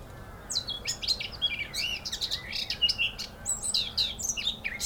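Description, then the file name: Eurasian blackcap song: rapid, jumbled warbling with chattering and sweeter whistled notes, continuous throughout with only brief gaps. "Sylvia atricapilla"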